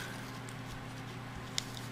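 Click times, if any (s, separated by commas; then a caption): none. A plastic tail piece is being pushed into a plastic K'NEX minifigure body after it did not stick in at first. Over a steady low hum, there is quiet handling with a small sharp tick at 1.6 s and a fainter one at 1.8 s. The tail has not snapped into place yet.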